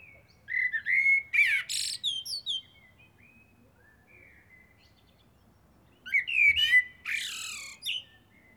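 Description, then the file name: Eurasian blackbird singing two phrases: a warbled fluting run with bright high squeaks, soft scattered notes in between, then a second fluty phrase ending in a scratchy twitter. "Turdus merula"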